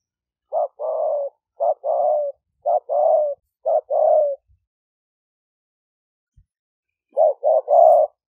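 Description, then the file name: Spotted dove cooing, a short note then a longer soft coo repeated four times, a silent gap, then one more phrase at the end. "5 hậu" call type. "tieng-cu-gay-5-hau"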